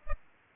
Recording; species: mosquito wingbeat signal from an infrared sensor; Culex pipiens